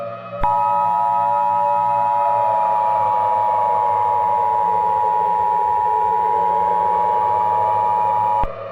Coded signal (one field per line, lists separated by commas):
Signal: Emergency Alert System (SAME) tones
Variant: 853 and 960 Hz attention tone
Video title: EAS Scenario #15 - Eclipse